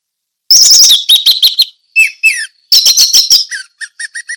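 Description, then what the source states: Orange-headed thrush pouring out rapid buzzy warbles, a brief pause, then more warbling closing in a series of short repeated notes. Indonesian local name anis merah; song style called ngeplong teler.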